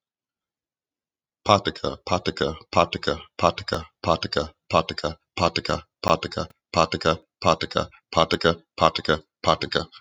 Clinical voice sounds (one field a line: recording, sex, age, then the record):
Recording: repeated syllables /pa ta ka/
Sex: male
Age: 30 to 39 years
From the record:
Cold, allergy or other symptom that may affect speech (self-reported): no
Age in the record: 39 years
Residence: Pennsylvania, United States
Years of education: 17